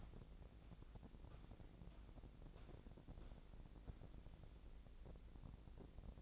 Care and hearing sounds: daily activity, microphone in the room; walk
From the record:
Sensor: 5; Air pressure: 1012.3 hPa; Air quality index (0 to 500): 166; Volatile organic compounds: 2 ppm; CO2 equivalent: 1134 ppm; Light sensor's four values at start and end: 340/825/351/391 and 341/827/352/392

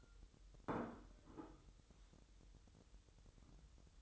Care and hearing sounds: daily activity, microphone in the room; place plate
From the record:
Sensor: 3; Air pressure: 988.6 hPa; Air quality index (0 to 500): 199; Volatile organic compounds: 346 ppm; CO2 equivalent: 4575 ppm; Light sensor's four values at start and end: 22/71/30/25 and 22/71/30/25

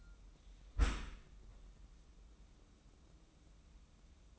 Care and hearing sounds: daily activity, microphone in the room; close dishwasher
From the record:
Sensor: 1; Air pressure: 994.5 hPa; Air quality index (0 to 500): 216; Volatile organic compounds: 1000 ppm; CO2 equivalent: 7767 ppm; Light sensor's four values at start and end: 132/304/136/149 and 130/298/133/146

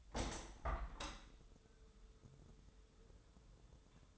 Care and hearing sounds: daily activity, microphone in the room; open window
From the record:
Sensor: 3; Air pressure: 1014.9 hPa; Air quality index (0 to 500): 25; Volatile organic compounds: 0 ppm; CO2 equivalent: 504 ppm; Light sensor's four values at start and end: 10/22/9/9 and 10/23/9/9

